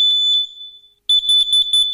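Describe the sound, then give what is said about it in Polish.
A carbon monoxide detector alarm sounds a shrill, high-pitched electronic tone that holds and fades, then after a short pause breaks into a loud run of rapid, pulsing beeps. No one speaks. “Natomiast jeżeli mamy taki czujnik, to on zasygnalizuje.”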